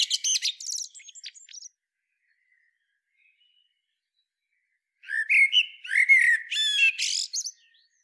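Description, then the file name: Common blackbird: a burst of scratchy, rapid notes, about three seconds of silence, then a longer series of harsh squawks and chatters. "Turdus merula"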